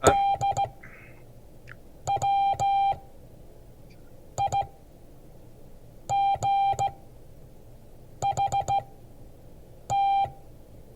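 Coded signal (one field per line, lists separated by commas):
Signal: Morse code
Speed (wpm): 15 wpm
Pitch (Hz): 790 Hz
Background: none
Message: DWIGHT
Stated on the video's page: Morse code class.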